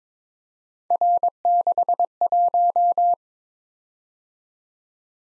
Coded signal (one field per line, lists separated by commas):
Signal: Morse code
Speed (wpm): 22 wpm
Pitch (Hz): 700 Hz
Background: none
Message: R61